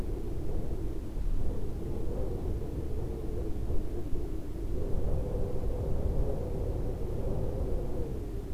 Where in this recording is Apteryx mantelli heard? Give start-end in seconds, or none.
none